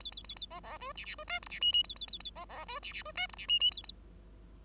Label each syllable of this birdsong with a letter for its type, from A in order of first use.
A A A A B B C D D C E F D G G A A A A B B C D D C E F D G G A A